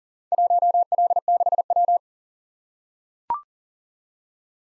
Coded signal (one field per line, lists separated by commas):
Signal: Morse code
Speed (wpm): 42 wpm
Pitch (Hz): 700 Hz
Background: none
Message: 1L6W